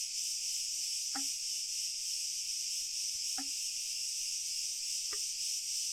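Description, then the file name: Continuous shrill cricket trilling fills the background, broken only by three faint dripping plinks spaced about two seconds apart. "Schlag Ton Grillen"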